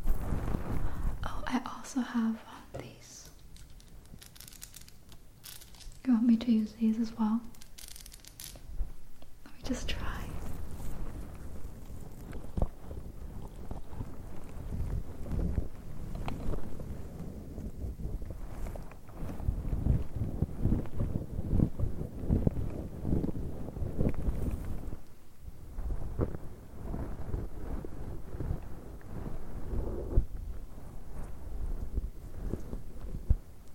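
Dense scratching and rustling of fingers playing with afro hair fills most of the clip, after two brief soft voiced murmurs early on.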